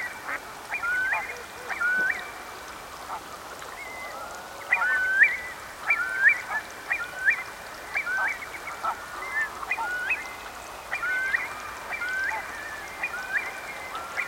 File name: nagy-póling-hangja